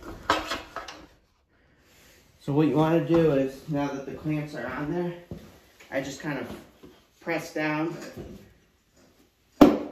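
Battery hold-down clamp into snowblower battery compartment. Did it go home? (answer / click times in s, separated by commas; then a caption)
yes / 9.6 s. Someone talks while pressing down on the plastic battery hold-down clamps on a Honda snowblower, fitting them into the battery compartment during a battery replacement. A sharp click is heard at 9.6 s as the clamps seat in place, with two little prongs going in.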